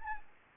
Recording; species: mosquito wingbeat signal from an infrared sensor; Anopheles gambiae